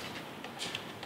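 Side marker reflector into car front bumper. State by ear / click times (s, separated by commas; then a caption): seated / 0.8 s. A clear side marker reflector, with an LED and its wiring fed through, is pushed into the front bumper opening of a car. Amid faint rustling and shuffling, a sharp snap at 0.8 s is heard, with softer clicks around it. The reflector seats, snapping into place.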